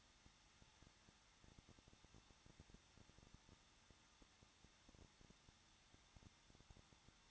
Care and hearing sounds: daily activity, microphone in the room; no activity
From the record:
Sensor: 3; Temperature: 21.2 degrees Celsius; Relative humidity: 36.4%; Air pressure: 1006.3 hPa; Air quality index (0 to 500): 223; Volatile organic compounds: 43 ppm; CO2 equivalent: 3196 ppm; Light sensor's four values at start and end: 2/3/2/2 and 2/3/2/2

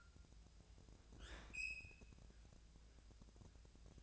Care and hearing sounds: daily activity, microphone in the room; open fridge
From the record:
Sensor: 2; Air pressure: 999.9 hPa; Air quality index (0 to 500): 124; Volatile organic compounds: 2 ppm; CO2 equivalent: 1064 ppm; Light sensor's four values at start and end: 31/77/33/37 and 31/77/33/36

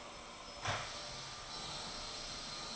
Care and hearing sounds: daily activity, microphone in the room; vacuum cleaning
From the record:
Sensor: 5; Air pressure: 1002.1 hPa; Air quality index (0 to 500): 211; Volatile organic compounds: 21 ppm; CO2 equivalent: 2737 ppm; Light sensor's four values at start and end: 10/24/10/11 and 10/24/10/11

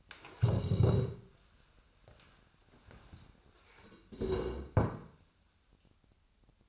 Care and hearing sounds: daily activity, microphone in the room; stand up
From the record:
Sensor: 2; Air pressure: 1015.0 hPa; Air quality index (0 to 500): 157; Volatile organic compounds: 7 ppm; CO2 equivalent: 2036 ppm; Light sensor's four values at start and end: 12/33/13/15 and 9/22/9/10

